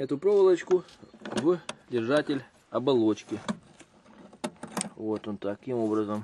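On a ZAZ Tavria/Slavuta, the hood-release cable is threaded into its sheath holder at the hood latch, and the plastic cable sheath end is pulled slightly upward toward the holder while someone talks. A few brief handling sounds come between 3.8 and 4.8 seconds, but nothing has seated or clicked yet.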